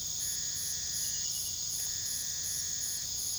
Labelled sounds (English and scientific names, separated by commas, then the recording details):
none
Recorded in pastures near Puerto Asís, Putumayo, Colombia, on 20 February 2024 at 04:30
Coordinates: 0.486, -76.323
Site G6462